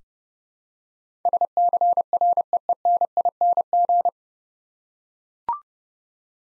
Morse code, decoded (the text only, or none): SCREENING